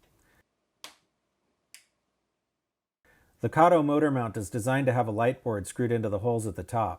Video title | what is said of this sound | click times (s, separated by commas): Model Building HO SP Consist Build 12 - Loksound DCC Installation | clips on the truck's gear tower engage holes in the worm cover make sure that the cover clicks into place when reinstalling it | 0.8 s, 1.7 s